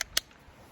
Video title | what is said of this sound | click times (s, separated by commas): S&W M&P 5.7 Vs FN Five-Seven… Who’s The 5.7 King | just pops right in that I I don't know why the Smith and Wesson magazine does | 0.2 s